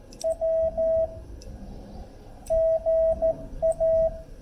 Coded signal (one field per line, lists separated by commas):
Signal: Morse code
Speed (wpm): 14 wpm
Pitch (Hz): 650 Hz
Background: radio noise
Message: W GA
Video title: Ham Radio Shenanigans - POTA - K-2726 - Crowders Mountain State Park, N. Carolina - KO4GAR w/ FT8